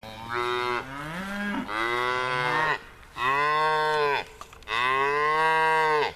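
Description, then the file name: Cattle bawling: a series of long, harmonic, nasal calls, several rising in pitch at the start, with short pauses between. Calf. "becerro"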